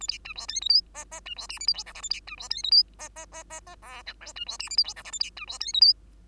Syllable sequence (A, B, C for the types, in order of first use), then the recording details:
A B C D E F G H H C D I J K L M N A B C D E F G H H H H H O P Q C D I J K L M N A B C D E F G. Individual Bird2